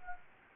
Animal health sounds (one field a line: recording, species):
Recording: mosquito wingbeat signal from an infrared sensor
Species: Anopheles gambiae